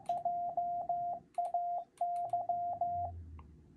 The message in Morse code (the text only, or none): JAY